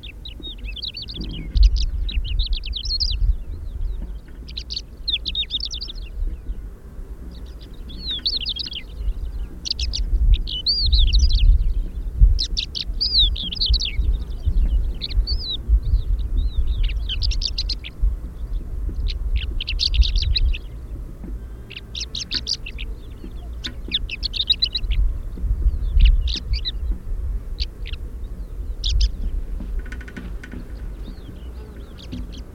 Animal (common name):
Greater Short-toed Lark